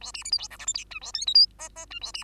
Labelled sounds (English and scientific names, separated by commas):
Bengalese Finch (Lonchura striata domestica) song